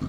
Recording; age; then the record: pig call; growing-finishing pig (85 days or more)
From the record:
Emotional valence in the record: positive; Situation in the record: enriched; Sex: female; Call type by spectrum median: low-frequency call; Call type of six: low-frequency stable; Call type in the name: low-frequency stable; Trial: 4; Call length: 0.09 s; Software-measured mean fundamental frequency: 45 Hz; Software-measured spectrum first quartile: 134 Hz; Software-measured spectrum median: 229 Hz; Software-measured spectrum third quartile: 398 Hz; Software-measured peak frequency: 250 Hz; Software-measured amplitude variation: 115 dB a second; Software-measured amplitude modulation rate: 11.5 a second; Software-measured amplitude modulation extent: 10.0 dB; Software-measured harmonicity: 2.2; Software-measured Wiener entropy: -0.32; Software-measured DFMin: 882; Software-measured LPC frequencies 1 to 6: 253, 1223, 2132, 3286, 4382, 5357 Hz